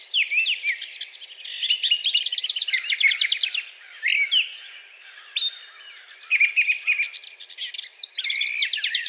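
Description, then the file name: Brown thrasher singing loud, rapid phrases of repeated trilled notes and whistles, broken by short pauses. Recorded 4 June 2020. "2020-06-04 Brown Thrasher"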